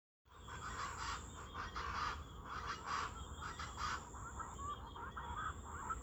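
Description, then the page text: Chestnut-winged chachalaca calling: harsh, rhythmic cackles repeated in a rough chorus, with a high-pitched insect hum in the background. Recorded 19 September 2025 in Bolívar, Colombia. "Chachalaca Alirroja (Ortalis garrula). Jorge La Grotteria"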